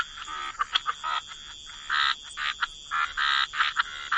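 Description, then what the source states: Frogs calling in short clicky pulses, then longer raspy croaks, irregularly spaced with brief silences. Frog chorus.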